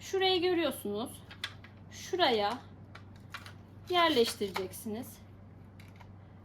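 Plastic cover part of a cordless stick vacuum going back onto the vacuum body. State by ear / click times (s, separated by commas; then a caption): not seated / none. A plastic cover part of a cordless stick vacuum is handled near the vacuum body after cleaning while someone talks, with a few faint sharp handling ticks around 3.0–3.5 s and at 5.8 s. Nothing has seated or clicked yet; the part has not gone home by the end of the clip.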